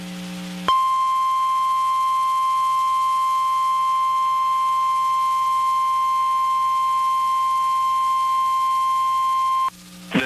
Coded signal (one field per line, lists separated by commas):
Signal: Emergency Alert System (SAME) tones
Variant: 1050 Hz attention tone